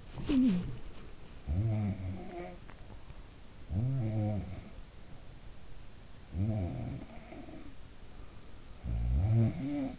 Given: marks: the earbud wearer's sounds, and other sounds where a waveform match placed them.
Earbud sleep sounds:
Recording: sounds in sleep by an in-ear microphone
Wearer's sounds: body movement, teeth grinding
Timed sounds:
0.00-1.00 s: body movement
1.41-3.28 s: sound from someone else or the room
2.44-3.28 s: teeth grinding
3.70-5.18 s: sound from someone else or the room
6.27-8.17 s: sound from someone else or the room
8.70-9.99 s: sound from someone else or the room

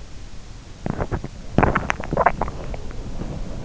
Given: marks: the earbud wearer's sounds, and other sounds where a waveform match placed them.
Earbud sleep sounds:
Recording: sounds in sleep by an in-ear microphone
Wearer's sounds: teeth grinding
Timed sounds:
0.00-3.42 s: teeth grinding

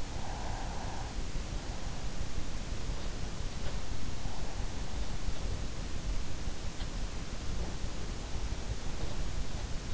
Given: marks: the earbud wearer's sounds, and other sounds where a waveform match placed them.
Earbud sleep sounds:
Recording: sounds in sleep by an in-ear microphone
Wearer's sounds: breath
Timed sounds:
0.00-1.25 s: breath

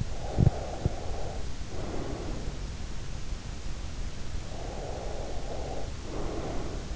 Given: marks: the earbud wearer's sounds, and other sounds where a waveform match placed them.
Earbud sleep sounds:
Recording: sounds in sleep by an in-ear microphone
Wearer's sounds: breath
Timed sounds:
0.31-2.38 s: breath
4.51-6.96 s: breath

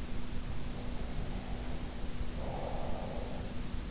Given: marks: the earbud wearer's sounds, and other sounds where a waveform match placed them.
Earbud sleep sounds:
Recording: sounds in sleep by an in-ear microphone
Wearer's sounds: breath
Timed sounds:
0.66-3.65 s: breath

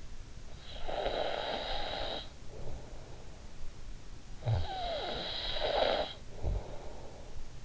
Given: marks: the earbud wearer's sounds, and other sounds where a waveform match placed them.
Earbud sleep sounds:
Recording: sounds in sleep by an in-ear microphone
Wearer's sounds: snoring breath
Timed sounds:
0.42-3.85 s: snoring breath
4.22-7.65 s: snoring breath

